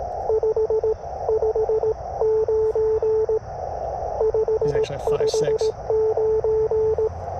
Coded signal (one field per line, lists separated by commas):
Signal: Morse code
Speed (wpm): 18 wpm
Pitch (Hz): 440 Hz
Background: speech, radio noise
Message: 559 559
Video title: CW POTA with the Speed-X Model 500 Bug